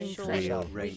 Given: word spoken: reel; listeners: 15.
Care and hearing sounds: one English word in noise, from a listening test; four-talker babble; 0.8 dB; 0 of 15; 8 of 15; 0.57 s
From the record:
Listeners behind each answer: 8, 4, 1, 1, 1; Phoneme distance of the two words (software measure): 10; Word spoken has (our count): 1 syllable, 3 phonemes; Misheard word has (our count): 1 syllable, 3 phonemes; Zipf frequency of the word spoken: 3.56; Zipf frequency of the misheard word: 5.53

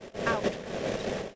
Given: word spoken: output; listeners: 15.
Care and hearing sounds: one English word in noise, from a listening test; noise modulated by three-talker babble; -5.8 dB; 2 of 15; 9 of 15; 0.96 s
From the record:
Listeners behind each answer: 9, 2, 2, 1, 1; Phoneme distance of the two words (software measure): 21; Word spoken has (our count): 2 syllables, 5 phonemes, stress on syllable 1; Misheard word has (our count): 1 syllable, 2 phonemes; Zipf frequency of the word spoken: 3.77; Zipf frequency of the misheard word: 6.48

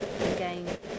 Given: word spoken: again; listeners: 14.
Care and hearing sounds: one English word in noise, from a listening test; noise modulated by three-talker babble; -3.9 dB; 3 of 14; 10 of 14; 0.59 s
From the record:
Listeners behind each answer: 10, 3, 1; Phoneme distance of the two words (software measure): 27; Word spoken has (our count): 2 syllables, 4 phonemes, stress on syllable 2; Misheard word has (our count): 1 syllable, 3 phonemes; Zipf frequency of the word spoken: 5.84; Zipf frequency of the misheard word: 5.54

